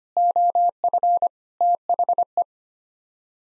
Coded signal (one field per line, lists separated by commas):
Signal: Morse code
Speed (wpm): 25 wpm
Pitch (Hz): 700 Hz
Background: none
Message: OF THE